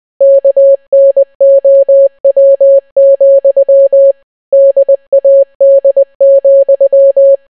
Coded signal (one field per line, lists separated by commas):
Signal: Morse code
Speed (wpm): 20 wpm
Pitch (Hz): 550 Hz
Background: none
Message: KNOW, DAD,